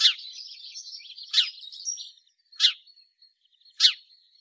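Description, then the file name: House sparrow chirps: loud, sharp chirps repeated about every second, with a softer twittering chatter at first. "Passer domesticus"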